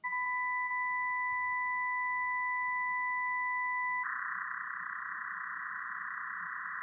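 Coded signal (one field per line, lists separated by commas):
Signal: MT63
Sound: two steady pure tones for four seconds, then a dense even hiss-like roar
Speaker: the next one mt63 uh an orthogonal frequency division multiplexed digital data mode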